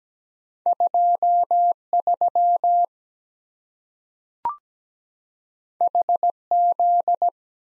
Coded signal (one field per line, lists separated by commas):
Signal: Morse code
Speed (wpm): 17 wpm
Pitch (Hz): 700 Hz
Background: none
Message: 2 3 H Z